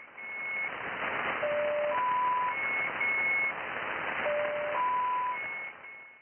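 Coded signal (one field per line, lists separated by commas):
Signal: channel marker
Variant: mini buzzer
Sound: short rising sequence of steady beep tones, repeated twice, over hiss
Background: radio static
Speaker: A mini buzzer appeared nearby on 4612 kHz in August 2022, which recently changed its sound to a 4-note rising tone.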